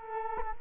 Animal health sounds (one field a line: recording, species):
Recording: mosquito wingbeat signal from an infrared sensor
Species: Culex quinquefasciatus